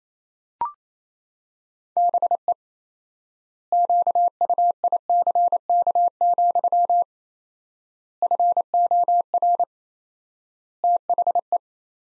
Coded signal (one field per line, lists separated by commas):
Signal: Morse code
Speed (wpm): 28 wpm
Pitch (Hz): 700 Hz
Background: none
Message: BE QUICK, FOR THE